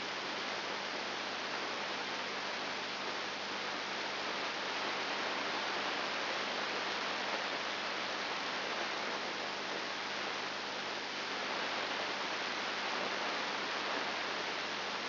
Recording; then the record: brain microelectrode recording played as sound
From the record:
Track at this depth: inside the subthalamic nucleus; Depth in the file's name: 4.301 mm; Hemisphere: left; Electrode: 2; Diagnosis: Parkinson's disease